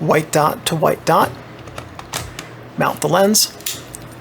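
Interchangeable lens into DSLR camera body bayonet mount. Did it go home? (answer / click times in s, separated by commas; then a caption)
yes / 3.9 s. Someone talks while an interchangeable lens is lined up white dot to white dot, placed on the bayonet mount of a Nikon D60 DSLR body and rotated. A louder knock at 3.7 s is followed by a sharp short click at 4.0 s as the mount latch catches, and the lens is seated.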